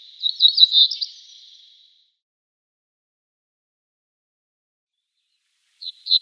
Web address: Schulze Peter Cinereous Bunting song